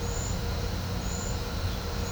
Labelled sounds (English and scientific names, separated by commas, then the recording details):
none
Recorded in pastures near Puerto Asís, Putumayo, Colombia, on 21 December 2024 at 12:30
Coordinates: 0.502, -76.324
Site G077